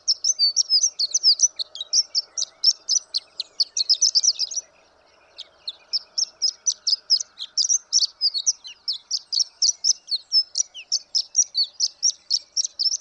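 Horned lark singing a rapid, high, jingling string of thin notes, pausing about a second midway before resuming the same quick tinkling series; faint low hum underneath.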